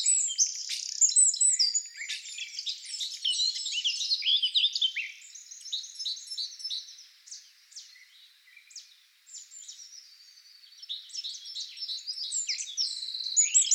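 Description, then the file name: Eurasian wren singing a long, hurried stream of high twittering notes and buzzy trills that dips in loudness midway, then swells again. "Troglodytes troglodytes"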